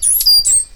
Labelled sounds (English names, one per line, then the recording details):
Stitchbird song
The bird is a male
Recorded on Tiritiri Matangi Island, New Zealand, in 2005
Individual 8, of nest box 10